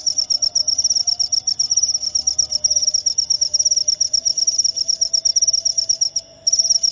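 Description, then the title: Cricket giving a rapid, shrill pulsed chirping that runs continuously, broken only by a brief pause near the end. Loud cricket chirping used to stimulate lovebirds into continuous singing. "Suara JANGKRIK NGERIK Keras Bikin LOVEBIRD Jadi NGEKEK Terus Vubey"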